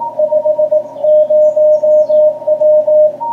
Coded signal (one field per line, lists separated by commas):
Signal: Morse code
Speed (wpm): 18 wpm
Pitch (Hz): 620 Hz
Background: radio noise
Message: 50W